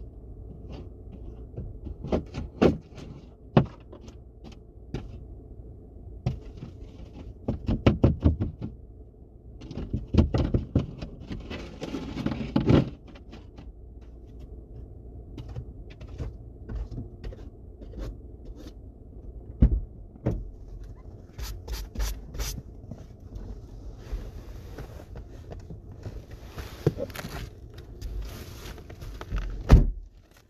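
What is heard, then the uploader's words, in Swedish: A low, steady car hum runs under the whole ride. Over it come scattered sharp knocks and clicks, clustered near the start, around eight seconds and late in the clip. A rougher crunching stretch follows from about ten to thirteen seconds. ASMR A drive to work. Bilstart, steg i snö, biltur.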